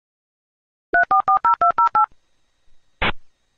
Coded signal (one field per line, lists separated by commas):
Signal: DTMF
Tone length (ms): 110 ms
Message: 3440208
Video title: AOL Dial up sound